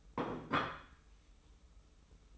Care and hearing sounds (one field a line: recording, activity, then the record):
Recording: daily activity, microphone in the room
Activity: place plate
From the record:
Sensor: 1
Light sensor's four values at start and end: 23/54/23/25 and 23/54/23/25